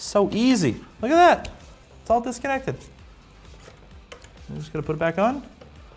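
Someone talks while handling a liquid cooling quick-disconnect coupling to reconnect it to the graphics card cooling block line of a SYS-751GE-TNRT server's liquid cooling loop, with brief faint ticks near 4.1 and 4.2 seconds. The coupling has not clicked in or seated yet.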